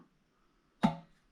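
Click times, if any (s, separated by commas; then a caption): 0.8 s. A wing nut is tightened onto the stem of a Berkey water filter element in the upper chamber. Against quiet background, a single sharp, bright snap at 0.8 s rings briefly and fades over about a third of a second. The wing nut's thread strips out from overtightening; it should only be snugged down.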